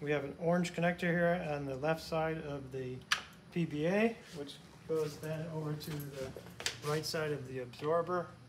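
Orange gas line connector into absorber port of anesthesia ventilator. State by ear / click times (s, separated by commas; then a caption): not seated / none. An orange gas line connector on an anesthesia ventilator for large animal ventilation is handled as it is moved from the left side of the ventilator toward the absorber port on the right side of the absorber. Someone talks throughout, and no distinct click stands out. Nothing has seated or clicked yet.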